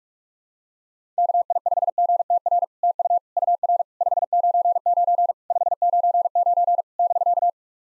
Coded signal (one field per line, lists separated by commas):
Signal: Morse code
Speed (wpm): 46 wpm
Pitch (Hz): 700 Hz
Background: none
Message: KI5GTR TU UR 599 599 <BK>